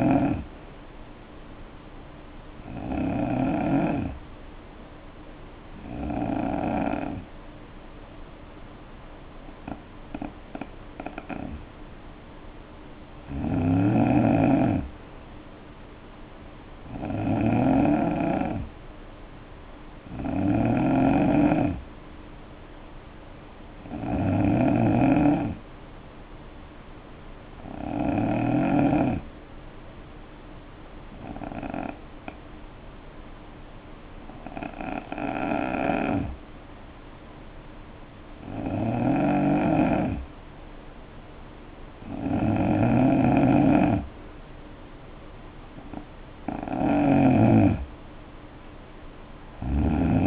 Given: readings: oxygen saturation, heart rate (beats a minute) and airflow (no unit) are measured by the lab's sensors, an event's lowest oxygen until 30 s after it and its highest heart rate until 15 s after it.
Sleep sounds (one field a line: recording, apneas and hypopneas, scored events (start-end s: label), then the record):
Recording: breathing in sleep by a voice recorder at the bedside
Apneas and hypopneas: 2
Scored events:
5.00-17.90 s: hypopnea (N2, oxygen 92% highest, then 89% lowest, heart rate 60 at the start, 65 highest)
31.00-44.30 s: hypopnea (N2, oxygen 91% highest, then 86% lowest, heart rate 62 at the start, 70 highest)
From the record:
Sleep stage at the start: N2 (light sleep)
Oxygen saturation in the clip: 88 to 92%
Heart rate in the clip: 59 to 66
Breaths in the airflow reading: 14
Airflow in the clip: -6.1 to 4.6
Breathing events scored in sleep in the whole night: 520 in 7.2 hours asleep